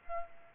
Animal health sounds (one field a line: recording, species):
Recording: mosquito wingbeat signal from an infrared sensor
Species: Aedes aegypti